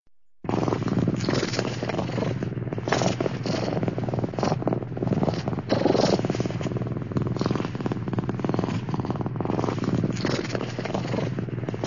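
Cat purring, a steady low rumbling throb pulsing without a break throughout after a brief silent start.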